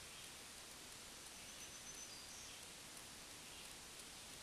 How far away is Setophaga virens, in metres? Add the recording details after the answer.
about 70 m. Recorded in a Pennsylvania forest on 1 June 2023 at 07:43. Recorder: AudioMoth, point grid3_8_high. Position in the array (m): 161 m, 137 m